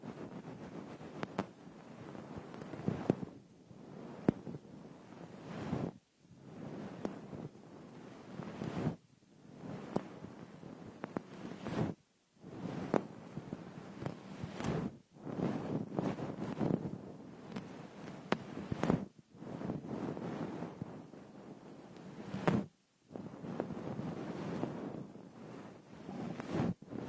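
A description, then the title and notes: Rough scratching and crumbling of a frosted bath ball against an ear, coming in dense rustling bursts broken by short silences every few seconds. Frosted Bath Ball Ear Picking Experience.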